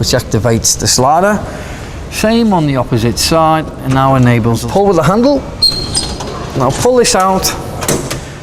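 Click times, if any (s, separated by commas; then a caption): 7.9 s. Someone talks while the yellow tabs on both sides of the slide-out kitchen on a 2016 AOR Quantum camper trailer are pressed to free the slider. The kitchen is then pulled out by its handle until it locks into its extended position on its own, with a sharp hit at 7.9 s.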